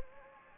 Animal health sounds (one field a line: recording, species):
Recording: mosquito wingbeat signal from an infrared sensor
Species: Anopheles gambiae